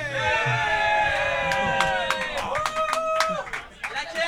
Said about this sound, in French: étrange applaudissement.